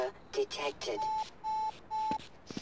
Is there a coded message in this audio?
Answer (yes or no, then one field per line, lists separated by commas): no